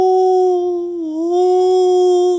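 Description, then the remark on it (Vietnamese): A howling, whistling wind on the third floor of a university lecture building, by shoe racks and lockers, moans as one long sustained tone, dipping briefly in pitch midway before rising steady again, fairly loud with no voices present. “Lúc mà đang dạo ở lầu 3, ngang qua những cái kệ để giày với lại tủ đựng đồ thì em nghe thấy cái tiếng gió rít cứ hú.”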